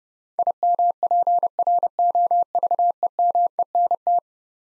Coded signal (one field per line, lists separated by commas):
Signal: Morse code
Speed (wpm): 30 wpm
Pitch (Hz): 700 Hz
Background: none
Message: IMPROVEMENT